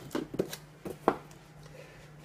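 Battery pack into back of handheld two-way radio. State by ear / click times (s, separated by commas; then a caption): seated / 1.1 s. A battery pack is clipped onto the back of a Polmar Workdigital DPMR446 UHF walkie-talkie with an aluminium chassis, and it seats with a sharp click at 1.1 s. Before the click there are a few softer handling knocks and taps, and a steady low hum runs underneath.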